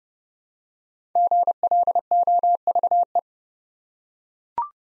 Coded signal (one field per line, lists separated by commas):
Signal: Morse code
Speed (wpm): 30 wpm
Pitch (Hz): 700 Hz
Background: none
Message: GLOVE